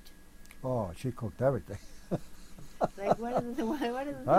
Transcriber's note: chuckles